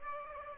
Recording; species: mosquito wingbeat signal from an infrared sensor; Aedes aegypti